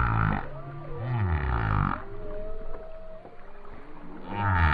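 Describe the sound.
Whale song of low harmonic moans with curving, rising and falling tones, a gap near two seconds, then a loud low moan returning at the end.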